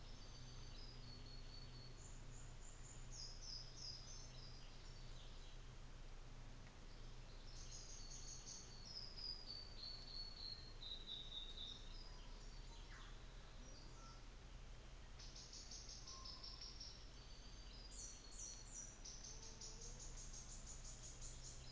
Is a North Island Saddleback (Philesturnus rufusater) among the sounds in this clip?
no